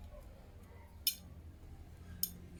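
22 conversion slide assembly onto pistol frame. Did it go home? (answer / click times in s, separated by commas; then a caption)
yes / 1.1 s, 2.2 s. During reassembly, a .22 conversion slide is pushed back onto a metal Colt 1911 pistol frame while another part is pulled. Two sharp metallic clicks sound at 1.1 s and 2.2 s over a quiet low background. The slide latches and seats firmly onto the frame.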